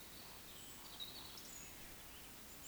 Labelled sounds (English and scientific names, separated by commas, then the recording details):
Eurasian Woodcock (Scolopax rusticola) whistle, Eurasian Woodcock (Scolopax rusticola) croak
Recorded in Baden-Württemberg, Germany, on 31 May 2021 at 19:39 UTC
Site 20675, 466 m above sea level